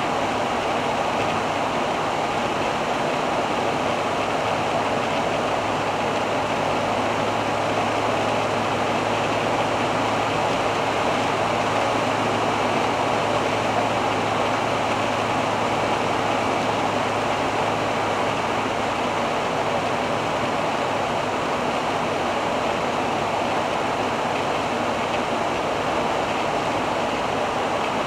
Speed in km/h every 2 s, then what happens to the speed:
93, 94, 94, 97, 98, 98, 97, 96, 95, 94, 93, 93, 94, 93.
0-28 steady at about 94.